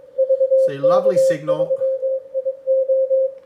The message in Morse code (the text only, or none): VK3IO